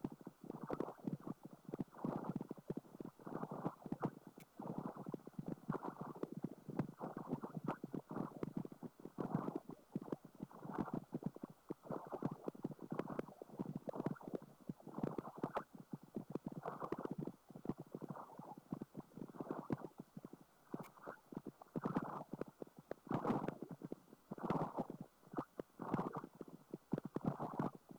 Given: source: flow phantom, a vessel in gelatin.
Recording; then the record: Doppler ultrasound of air bubbles in flowing water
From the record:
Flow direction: perpendicular to the transducer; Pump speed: 250 rpm (900 mL/min); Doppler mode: pulsed wave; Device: 7 MHz transducer